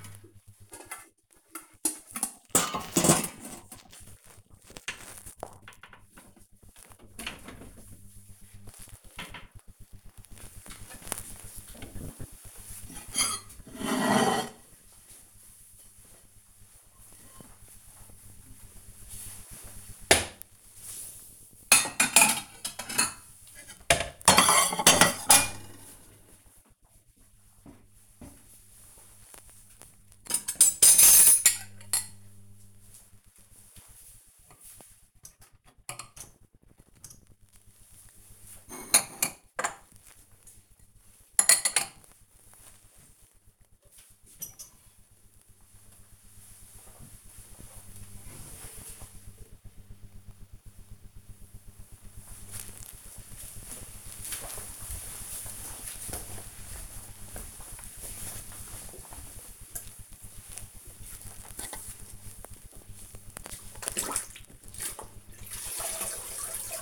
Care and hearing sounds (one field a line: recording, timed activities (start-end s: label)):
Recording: household activities, microphone on the right wrist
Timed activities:
0.00-45.41 s: putting away the dishes
59.47-66.82 s: floor cleaning